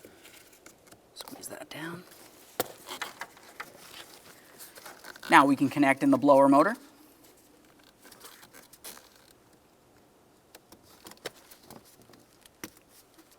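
A plastic wiring harness connector is handled near the new HVAC blower motor of a 1994-2002 Dodge Ram 2500 as someone talks, with scattered light taps and rustles throughout. The connector has not seated or clicked yet by the end of the clip.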